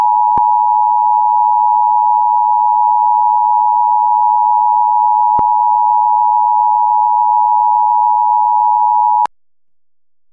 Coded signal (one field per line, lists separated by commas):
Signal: Emergency Alert System (SAME) tones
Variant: 853 and 960 Hz attention tone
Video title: Baltimore county turkey bowl EAS - Thanksgiving special part 1